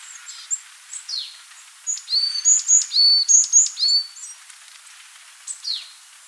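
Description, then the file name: Varied tit: a few scattered high notes build into a rapid run of sharp paired calls, then a last falling squeak. "Parus varius"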